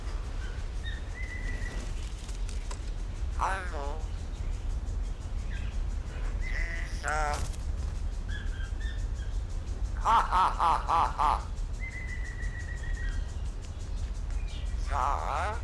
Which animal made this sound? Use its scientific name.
Gracula religiosa